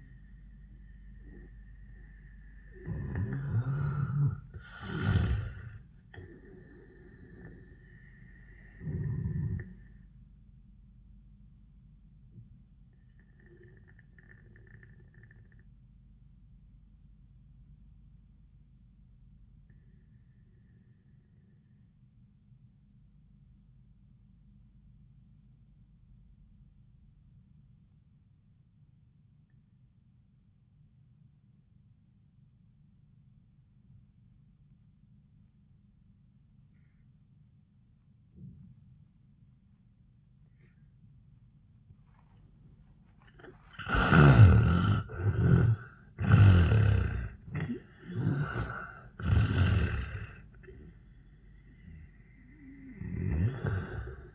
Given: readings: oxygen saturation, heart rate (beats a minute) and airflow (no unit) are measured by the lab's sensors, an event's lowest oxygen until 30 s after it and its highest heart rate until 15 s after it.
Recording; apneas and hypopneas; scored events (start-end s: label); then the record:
breathing in sleep by a smartphone at the bedside; 1
14.00-45.30 s: obstructive apnea (N1, oxygen 96% highest, then 75% lowest, heart rate 78 at the start, 96 highest)
From the record:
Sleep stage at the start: N1 (lightest sleep); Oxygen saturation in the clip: 76 to 96%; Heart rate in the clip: 75 to 98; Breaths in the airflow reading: 5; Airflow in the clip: -22.0 to 9.7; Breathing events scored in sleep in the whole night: 400 in 8.7 hours asleep